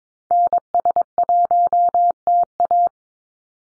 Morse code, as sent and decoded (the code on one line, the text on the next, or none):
-. ... .---- - .-
NS1TA